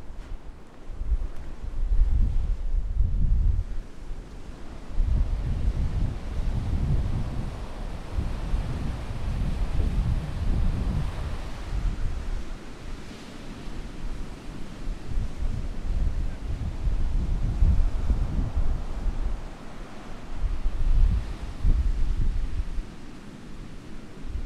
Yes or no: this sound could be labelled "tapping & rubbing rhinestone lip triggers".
no